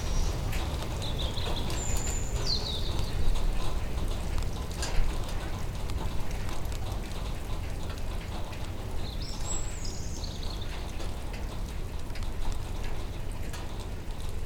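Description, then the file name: Bird song in two bursts of high whistled, slightly descending phrases, near the start and around ten seconds, over continuous low droning noise. Bird at night in Sergiyev Posad on 21 April 2012. "nightbird-sergiyevposad-210412"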